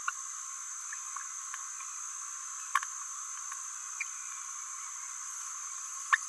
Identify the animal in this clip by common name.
Green-rumped Parrotlet